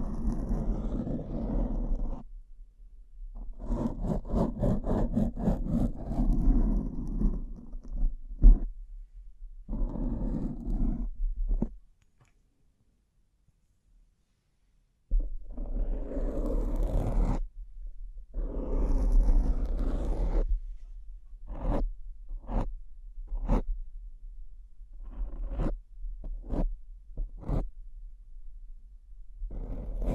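Bling trigger sounds: bursts of scratchy rustling and rattling, a brief silence midway, then a run of sharp separate clicks, over a low steady hum.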